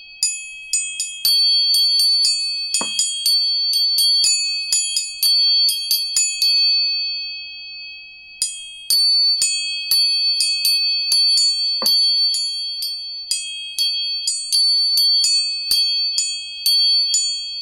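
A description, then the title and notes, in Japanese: Three tuning forks are struck over and over, roughly once or twice a second. Each hit gives a sharp metallic tap, then clear, high, steady tones ring on between strikes. Around the seventh second the tapping pauses and the ringing slowly fades before resuming. 音叉チューニング3本。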